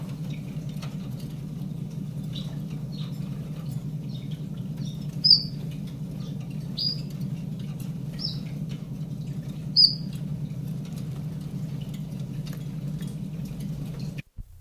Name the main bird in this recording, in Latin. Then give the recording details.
Phylloscopus collybita. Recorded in captivity. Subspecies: collybita. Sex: male. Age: adult. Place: Zoologisches Institut Universität Tübingen, Baden-Württemberg, DE. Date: 1965-01-22. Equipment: Nagra III PH, Parabolspiegel, LGS26. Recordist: Schneider, Hans-Joachim. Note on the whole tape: Auch Aufnahmen vom 23. Januar um 8:30 Uhr und vom 3. Februar. "it"-Laute ["jüg"-Rufe] von Männchen blau/grün - blau/rot. Schnelle Reihung von Männchen blau/grün - grün. Weitere Informationen als Ansagen auf dem Band. MaAs: M.Sch